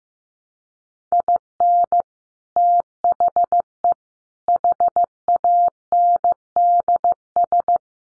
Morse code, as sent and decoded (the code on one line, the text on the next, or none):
.. -. / - .... . / .... .- -. -.. ...
IN THE HANDS